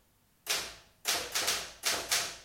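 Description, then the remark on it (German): Five sharp, loud clacks from a Remington typewriter, struck at an uneven pace as someone types a type sample, each bright hit trailing off briefly before the next. No voices. “Mr. Landgrens Schreibmaschine? Ja, eine Remington. Was machen Sie denn da? Bisschen tippen.”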